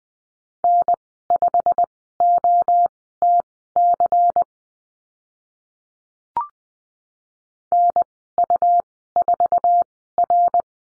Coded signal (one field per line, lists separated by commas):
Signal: Morse code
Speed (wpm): 20 wpm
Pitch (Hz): 700 Hz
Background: none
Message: N5OTC NU4R